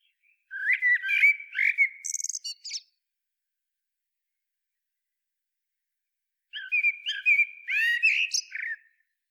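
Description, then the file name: Common blackbird singing two warbled phrases several seconds apart, each mixing low fluty whistles with high, scratchy twittering notes; quiet in between. "Turdus merula"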